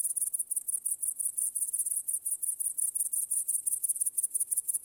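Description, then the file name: Cricket song of sharp, high chirps in a regular beat, close to three a second, clear and unbroken over the whole stretch. "świerszcze"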